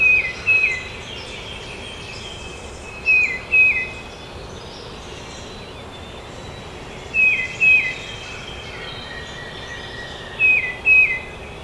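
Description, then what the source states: Tufted titmouse singing clear two-note whistled phrases, each note dropping at its end, repeated about every three and a half seconds, four phrases in all, with faint insect-like hiss. Recorded at Trempealeau on 12 May 2018.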